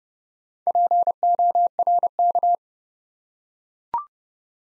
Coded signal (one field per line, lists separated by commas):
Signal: Morse code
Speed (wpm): 30 wpm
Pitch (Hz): 700 Hz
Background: none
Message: PORK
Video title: Easy Words with Hints - 30wpm